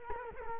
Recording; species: mosquito wingbeat signal from an infrared sensor; Culex quinquefasciatus